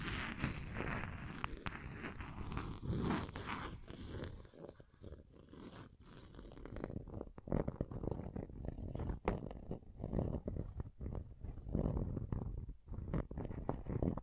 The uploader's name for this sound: Scratching & Tracing